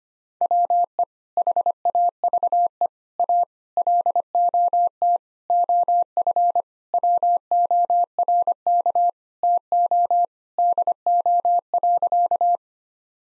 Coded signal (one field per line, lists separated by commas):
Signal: Morse code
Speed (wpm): 25 wpm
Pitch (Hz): 700 Hz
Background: none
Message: WE HAVE A LOT OF WORK TO DO.